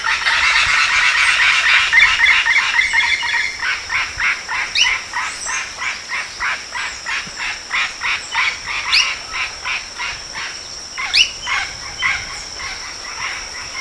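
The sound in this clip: Bird calling in a fast, regular series of short, harsh notes that fade gradually, with a few quick rising whistles interspersed and a constant high-pitched hum behind.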